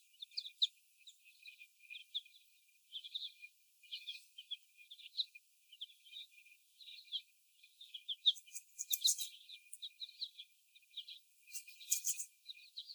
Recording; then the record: young laying hens in a cage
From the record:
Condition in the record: before the stressor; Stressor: sudden umbrella opening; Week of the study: 1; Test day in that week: 1